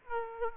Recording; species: mosquito wingbeat signal from an infrared sensor; Aedes aegypti